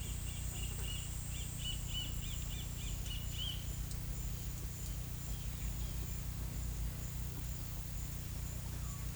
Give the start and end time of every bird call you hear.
[0.00, 3.61] bird call (1.5-4.4 kHz)

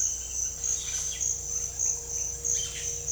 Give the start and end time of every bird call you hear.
[0.74, 1.19] bird call (1.3-4.9 kHz)
[2.53, 2.87] bird call (1.3-5.5 kHz)

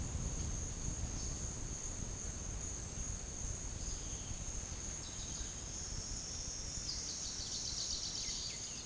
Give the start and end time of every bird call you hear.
[6.71, 8.85] bird call (1.5-5.8 kHz)

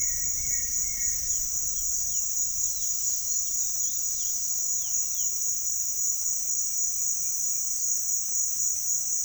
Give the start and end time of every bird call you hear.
[0.00, 1.26] bird call (1.3-3.0 kHz)
[1.55, 5.41] bird call (2.1-5.1 kHz)

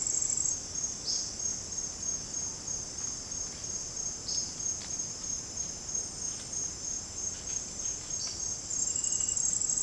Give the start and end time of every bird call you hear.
[1.02, 1.41] bird call (3.3-5.8 kHz)
[4.23, 4.62] bird call (3.4-5.6 kHz)

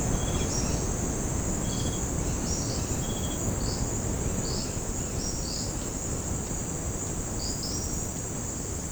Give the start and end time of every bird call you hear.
[0.38, 0.98] bird call (3.3-6.5 kHz)
[2.43, 2.86] bird call (3.7-6.2 kHz)
[3.48, 3.91] bird call (3.7-6.1 kHz)
[4.38, 4.77] bird call (3.0-6.0 kHz)
[5.19, 5.79] bird call (3.6-6.3 kHz)
[7.37, 8.10] bird call (3.6-6.6 kHz)

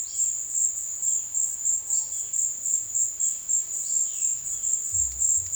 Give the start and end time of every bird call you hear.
[0.00, 5.55] bird call (2.2-5.9 kHz)

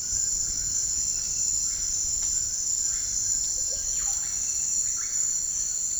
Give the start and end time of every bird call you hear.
[0.18, 3.08] bird call (0.7-2.5 kHz)
[3.46, 4.32] bird call (0.2-3.4 kHz)
[4.73, 5.21] bird call (0.8-3.4 kHz)

